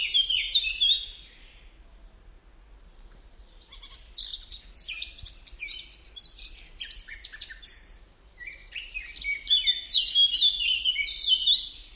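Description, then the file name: Eurasian blackcap song: rich, fast, scratchy warbling in three bursts, with quieter gaps between the phrases. "Sylvia atricapilla"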